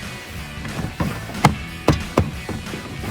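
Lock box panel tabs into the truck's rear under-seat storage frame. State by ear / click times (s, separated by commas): seated / 1.4 s, 1.9 s, 2.2 s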